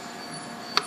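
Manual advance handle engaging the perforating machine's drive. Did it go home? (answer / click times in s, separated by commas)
yes / 0.8 s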